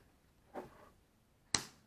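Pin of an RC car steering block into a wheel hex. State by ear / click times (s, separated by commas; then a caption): seated / 1.6 s. While replacing the steering blocks on a Traxxas Stampede VXL 2WD RC car, the small pin on the steering block is lined up with the wheel hex and pushed down. A soft, brief rustle at about 0.5–0.9 s is followed by a sharp, bright snap at 1.6 s that quickly fades. The pin is seated in the hex.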